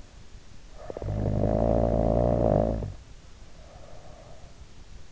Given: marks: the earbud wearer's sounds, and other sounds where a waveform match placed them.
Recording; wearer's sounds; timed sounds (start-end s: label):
sounds in sleep by an in-ear microphone; snoring breath
0.76-4.54 s: snoring breath